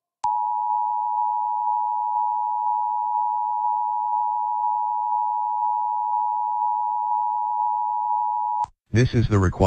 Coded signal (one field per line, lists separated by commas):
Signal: Emergency Alert System (SAME) tones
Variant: 853 and 960 Hz attention tone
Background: speech